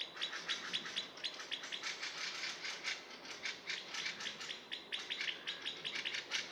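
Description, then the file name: Eurasian blackbird uttering dense, rapid chinking calls over a hissy background, almost unbroken from start to finish. "Turdus merula"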